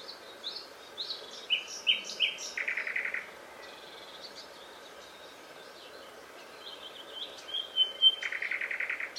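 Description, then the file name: Common nightingale singing: clear whistled and chirped notes, then a rapid buzzy trill repeated in quick pulses, a pause, and another phrase ending in a similar rattling trill. "Luscinia megarhynchos"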